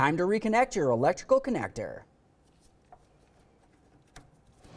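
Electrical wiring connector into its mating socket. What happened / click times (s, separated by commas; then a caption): The connector is being handled but has not yet clicked into place / none. Someone talks for the first two seconds while lining up an electrical wiring connector with its mating socket during front strut and spring assembly replacement on a 2004-2006 Scion xB. After that, only faint handling ticks are heard, near 2.9 s and 4.2 s. The connector has not seated or clicked yet.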